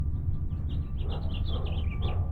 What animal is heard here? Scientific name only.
Haemorhous mexicanus